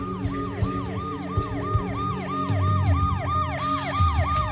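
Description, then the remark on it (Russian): A wailing siren cycles rapidly up and down in pitch, about three sweeps per second, loud and steady throughout over a low rumbling engine or traffic noise. “Долетевший до ушей вой сирены прервал воспоминания.”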